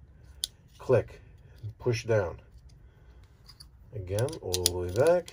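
A rifle cartridge is pushed all the way back into an M1 Garand en bloc clip past the rim, and it seats with a sharp click at 0.4 s, then is pushed down. Someone talks throughout, with a few faint clicks between 2.7 and 3.6 s.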